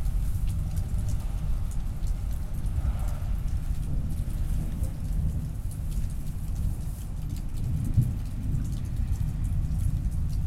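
A thunderstorm on a front porch: steady rain hisses throughout, with a dense low rumble filling the bottom end. Faint ticks of drops appear in the upper range, and a brief thump lands near the eight-second mark.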